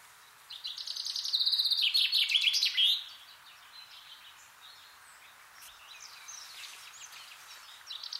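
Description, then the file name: Common chaffinch song: a cascade of sharp notes sliding downward to a final flourish, with soft chirps afterward. "Fringilla coelebs"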